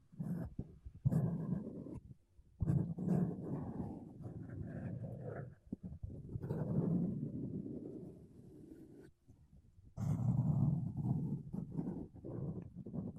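Makeup brushes and a sponge rub over a microphone in dense, low, rumbling strokes, broken by brief pauses around two, six and nine seconds.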